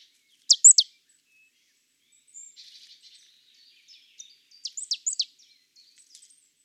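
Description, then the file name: Marsh tit giving quick, high, downslurred call notes, a loud burst early on, then soft buzzy chatter and another cluster of sharp notes near five seconds. "Poecile palustris"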